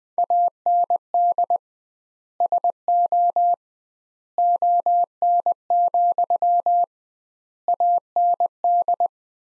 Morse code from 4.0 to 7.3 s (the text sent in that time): ON,